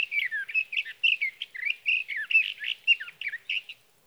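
Sage thrasher in continuous song, an extended chatter of rapid warbled and slurred notes lasting nearly four seconds.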